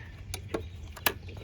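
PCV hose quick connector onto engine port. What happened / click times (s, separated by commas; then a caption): The hose quick-connect fitting snapped onto its port / 1.1 s. A PCV hose, routed underneath, has its quick-connect fitting pushed onto the engine port of a 2015 Buick Verano. A few faint ticks and taps come before a loud, sharp snap at 1.1 s. The fitting is seated.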